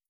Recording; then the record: hydrophone in a shrimp aquaculture tank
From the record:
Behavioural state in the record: starved